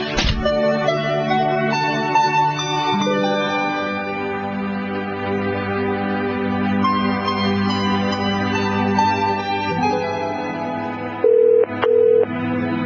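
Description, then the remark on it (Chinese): Steady, sustained tonal music plays throughout, then near the end a telephone rings: two short electronic ring pulses cut in, loud and evenly spaced. “我仲以为你唔会打电话俾我添。”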